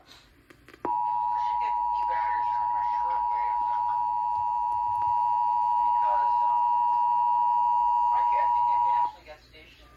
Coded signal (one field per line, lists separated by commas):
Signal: Emergency Alert System (SAME) tones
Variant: 853 and 960 Hz attention tone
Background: speech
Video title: Severe Thunderstorm Warning on WPOZ FM (EAS #166)